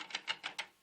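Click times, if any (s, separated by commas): none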